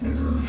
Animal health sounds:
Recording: pig call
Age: growing-finishing pig (85 days or more)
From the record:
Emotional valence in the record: negative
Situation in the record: barren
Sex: female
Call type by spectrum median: low-frequency call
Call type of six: low-frequency stable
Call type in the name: low-frequency stable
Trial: 3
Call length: 0.48 s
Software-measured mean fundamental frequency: 71 Hz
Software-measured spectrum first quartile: 77 Hz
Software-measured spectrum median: 181 Hz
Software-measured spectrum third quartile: 320 Hz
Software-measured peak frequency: 246 Hz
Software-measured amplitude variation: 107 dB a second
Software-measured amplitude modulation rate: 27.1 a second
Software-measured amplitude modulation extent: 4.0 dB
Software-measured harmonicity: -2.5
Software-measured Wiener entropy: -0.90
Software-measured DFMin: 781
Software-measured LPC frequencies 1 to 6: 266, 1214, 2476, 3375, 3958, 4776 Hz

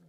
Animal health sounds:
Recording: pig call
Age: piglet (1 to 25 days)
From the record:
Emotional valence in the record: positive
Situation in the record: reunion after long isolation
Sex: male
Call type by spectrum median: low-frequency call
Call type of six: low-frequency stable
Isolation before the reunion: 8 minutes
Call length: 0.09 s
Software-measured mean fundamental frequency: 50 Hz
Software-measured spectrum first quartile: 168 Hz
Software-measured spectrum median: 280 Hz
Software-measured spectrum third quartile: 1305 Hz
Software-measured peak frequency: 167 Hz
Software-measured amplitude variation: 9 dB a second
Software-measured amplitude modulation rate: 17.6 a second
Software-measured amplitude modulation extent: 0.5 dB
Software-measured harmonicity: 9.5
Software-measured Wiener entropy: -2.21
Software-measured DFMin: 1043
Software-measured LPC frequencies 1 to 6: 1542, 3342, 4254, 5790, 6641, 7936 Hz

